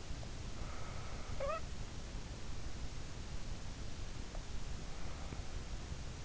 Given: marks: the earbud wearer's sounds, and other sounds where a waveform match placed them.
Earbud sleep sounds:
sounds in sleep by an in-ear microphone; snoring breath
0.62-1.63 s: snoring breath

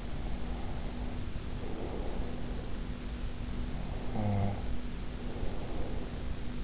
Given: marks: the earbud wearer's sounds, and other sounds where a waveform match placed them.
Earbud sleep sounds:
sounds in sleep by an in-ear microphone; breath, snoring breath
0.14-2.96 s: breath
3.55-6.44 s: snoring breath

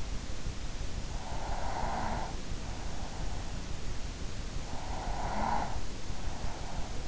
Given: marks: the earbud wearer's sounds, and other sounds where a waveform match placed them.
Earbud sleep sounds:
sounds in sleep by an in-ear microphone; breath
1.39-2.53 s: breath
4.76-6.13 s: breath

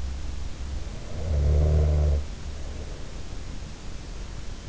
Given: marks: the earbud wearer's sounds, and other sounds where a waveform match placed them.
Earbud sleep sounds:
sounds in sleep by an in-ear microphone; snoring breath
0.86-3.85 s: snoring breath

